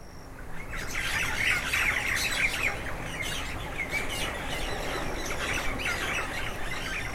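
Myna chattering, a busy run of rasping squawks and quick chirps, over a faint low hum and a high thin tone.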